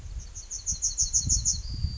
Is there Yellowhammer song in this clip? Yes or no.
yes